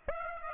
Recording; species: mosquito wingbeat signal from an infrared sensor; Aedes aegypti